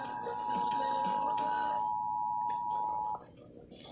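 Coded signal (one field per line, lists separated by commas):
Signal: Emergency Alert System (SAME) tones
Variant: 853 and 960 Hz attention tone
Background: speech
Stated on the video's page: Severe Thunderstorm Warning relayed on an FM station, received on an alarm clock AM/FM/cassette radio, with some bleedthrough from a Spanish station.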